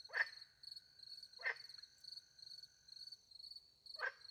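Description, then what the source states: Three gruff frog croaks spaced over a few seconds, while crickets chirp continuously in high, pulsing phrases. Night, countryside in France, beside a little pond, with crickets; microphones hidden in a tree, two Usi pro microphones into a Mixpre 10 II recorder.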